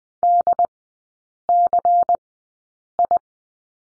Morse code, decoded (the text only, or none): DCI